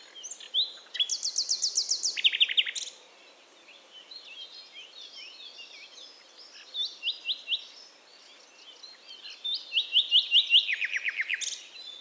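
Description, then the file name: Common nightingale song: a phrase of rapid repeated notes and whistles early on, softer notes in the middle, then another fast repeated phrase near the end. "Luscinia megarhynchos"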